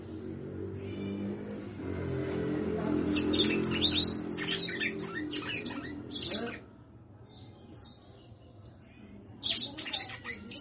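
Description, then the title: Red-cowled cardinal song: quick, high, sweeping whistled notes and chirps over a low rumbling background that stops partway, then a few scattered notes. Female bird, singing a lot. "Canto Galo Campina Fêmea. Fêmea de Galo de campina cantando muito"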